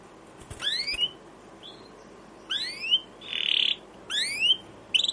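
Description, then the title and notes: Canary giving rising, upslurred chirps in short phrases about every second and a half, with one brief buzzy burst between them. Canary with a long chirping song, used as a lure and master so young canaries learn to sing. "CUIT CUIT NGEROL LANGSUNG GACOR PANJANG Kenari Ini AMPUH Utk Pancingan KENAR. PANCINGAN Kenari GACOR PANJANG Cuit CUIT EMOSI ini AMPUH utk MASTERAN Kenari PAUD belajar BUNYI. burung kenari"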